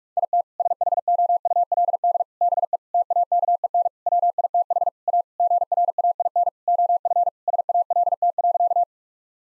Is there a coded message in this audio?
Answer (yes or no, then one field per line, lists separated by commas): yes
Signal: Morse code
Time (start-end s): 0.2-8.8 s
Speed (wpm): 41 wpm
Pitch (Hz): 700 Hz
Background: none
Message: IT SHOULD BE TAKEN WITH A GRAIN OF SALT.